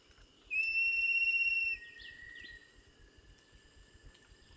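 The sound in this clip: Tinamou call: a loud, pure, level whistle held for over a second, trailing into a softer, lower tone with a few brief chirpy notes.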